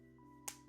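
The separate plastic bottom piece of a Spigen Classic C1 case (Tangerine & Graphite) is slid onto the case body around an iPhone 17 Pro Max, its middle portion tucked under a small lip. A single sharp click at 0.5 s rises over a steady low background hum. The bottom piece snaps into place and is seated on the case.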